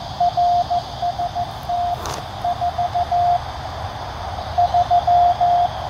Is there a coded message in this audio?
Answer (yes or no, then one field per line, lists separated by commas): yes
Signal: Morse code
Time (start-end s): 0.2-5.7 s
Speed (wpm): 16 wpm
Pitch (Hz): 700 Hz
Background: radio noise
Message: RST 43